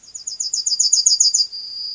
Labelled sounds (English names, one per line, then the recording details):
Yellowhammer song
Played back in grassland
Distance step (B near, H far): B
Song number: 159